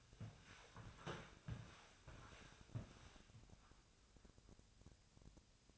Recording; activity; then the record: daily activity, microphone in the room; walk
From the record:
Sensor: 2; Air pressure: 1000.4 hPa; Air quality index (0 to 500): 162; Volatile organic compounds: 3 ppm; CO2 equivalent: 1359 ppm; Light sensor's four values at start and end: 15/40/16/18 and 15/39/15/17